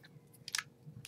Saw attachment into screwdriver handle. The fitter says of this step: there we go snaps into place and I had the thing upside down there but